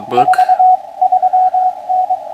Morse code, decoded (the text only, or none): 43N